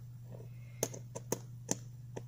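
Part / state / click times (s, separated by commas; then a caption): SIM card tray into smartphone / not seated / none. A loaded SIM card tray is pushed with light pressure back into the side of an Honor 8X smartphone, giving several small sharp taps at about 0.8, 1.2, 1.3, 1.7 and 2.2 seconds over a steady low hum. The tray has not seated or clicked home yet.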